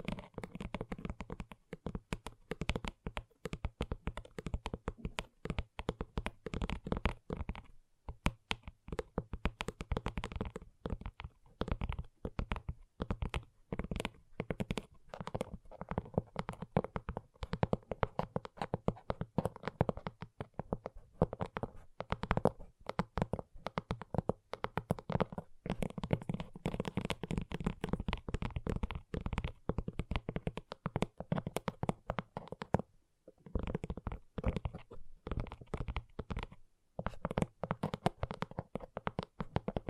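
Gentle fingertip tapping runs almost nonstop for the full length, a dense, quick flurry of soft knocks with a low, muffled body. The rhythm is uneven, and brief pauses break the flow near 8, 33 and 37 seconds before it resumes.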